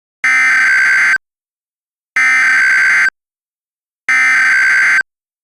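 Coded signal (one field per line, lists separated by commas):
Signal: Emergency Alert System (SAME) tones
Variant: header bursts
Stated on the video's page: Fictional, self-made EAS nuclear attack scenario using valid tones.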